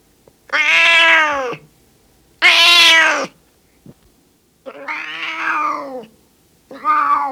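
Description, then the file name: Cat giving four long, drawn-out meows roughly two seconds apart, the last one cut off. Male cat (tomcat) meowing. "Miauwen van een kater - Sound Cloud - Beeld en Geluid"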